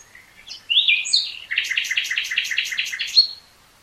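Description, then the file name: Common nightingale song: rising whistled notes, then a rapid rattling series of repeated chuckling notes ending in a sharp high note. "Luscinia megarhynchos"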